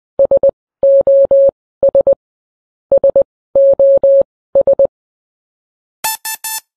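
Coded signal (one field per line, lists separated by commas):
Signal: Morse code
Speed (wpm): 20 wpm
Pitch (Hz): 550 Hz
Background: none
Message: SOS SOS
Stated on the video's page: SOS Morse code sound effect, various World War style Morse transmitter sounds.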